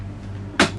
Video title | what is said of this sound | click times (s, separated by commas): Titanium Southern Star Basic Caravan Handover | off and they click in place ok | 0.6 s